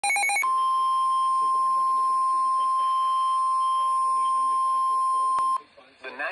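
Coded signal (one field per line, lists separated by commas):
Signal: Emergency Alert System (SAME) tones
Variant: 1050 Hz attention tone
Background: speech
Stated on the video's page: Severe thunderstorm warning received on NOAA weather radio.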